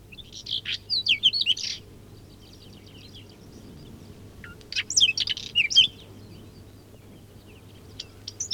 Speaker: Только на верхушке чертополоха без устали поет луговой чекан.